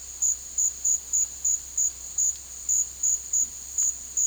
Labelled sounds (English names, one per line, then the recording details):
none
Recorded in secondary vegetation near Puerto Asís, Putumayo, Colombia, on 18 February 2024 at 13:00
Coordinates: 0.481, -76.323
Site G6376